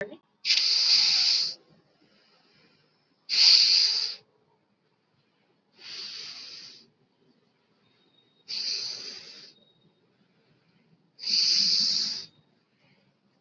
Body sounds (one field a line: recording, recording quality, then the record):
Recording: deep breathing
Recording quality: excellent, no background noise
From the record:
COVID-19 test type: RT-PCR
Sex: male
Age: 28 years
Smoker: no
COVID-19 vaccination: both doses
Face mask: worn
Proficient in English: yes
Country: India